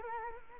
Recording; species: mosquito wingbeat signal from an infrared sensor; Culex quinquefasciatus